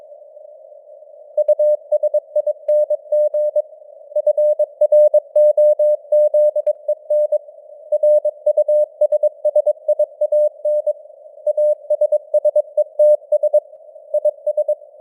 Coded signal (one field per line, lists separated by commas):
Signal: Morse code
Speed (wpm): 22 wpm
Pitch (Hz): 600 Hz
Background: none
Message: USING FROZEN RUSSIAN ASSETS IS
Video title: Morse Code News | 2025-11-13 | 22wpm